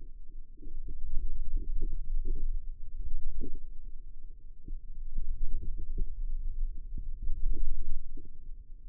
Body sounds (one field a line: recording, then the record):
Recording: forearm muscle sounds (acoustic myography)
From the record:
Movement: radial deviation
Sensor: system 2, bracelet of six BSWA MPA416 microphones around the upper forearm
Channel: 3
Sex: female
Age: 22 years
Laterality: right